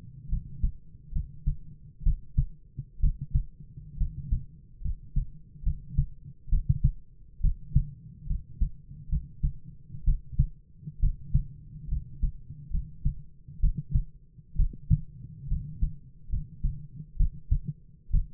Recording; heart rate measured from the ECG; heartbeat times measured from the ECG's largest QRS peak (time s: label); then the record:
heart sounds by stethoscope; 67 bpm
0.28 s: heartbeat
1.11 s: heartbeat
2.02 s: heartbeat
2.99 s: heartbeat
3.96 s: heartbeat
4.81 s: heartbeat
5.62 s: heartbeat
6.48 s: heartbeat
7.40 s: heartbeat
8.26 s: heartbeat
9.08 s: heartbeat
10.03 s: heartbeat
10.99 s: heartbeat
11.87 s: heartbeat
12.70 s: heartbeat
13.59 s: heartbeat
14.55 s: heartbeat
15.47 s: heartbeat
16.28 s: heartbeat
17.16 s: heartbeat
18.09 s: heartbeat
From the record:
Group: healthy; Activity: rest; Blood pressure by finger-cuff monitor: 95/50 mmHg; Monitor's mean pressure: 60 mmHg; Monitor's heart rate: 68 bpm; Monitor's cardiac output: 7.5 L/min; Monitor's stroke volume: 110 mL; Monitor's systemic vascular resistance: 560 dyn s/cm5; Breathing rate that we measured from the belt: 16 breaths a minute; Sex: male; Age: 22 years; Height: 185 cm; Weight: 112.4 kg